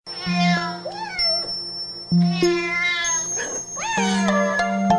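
Domestic cat meowing, three drawn-out meows over steady electronic tones.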